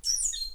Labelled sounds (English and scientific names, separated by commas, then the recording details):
Stitchbird (Notiomystis cincta) song
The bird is a male
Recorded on Tiritiri Matangi Island, New Zealand, in 2005
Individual 3, of nest box 3